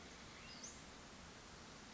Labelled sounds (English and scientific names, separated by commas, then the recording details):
Western Flycatcher (Empidonax difficilis)
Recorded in Sonoma County, California